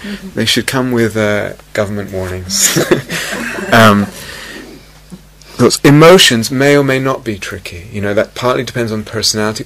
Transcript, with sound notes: They should come with government warnings. [laughter] Emotions may or may not be tricky. You know, that partly depends on personality;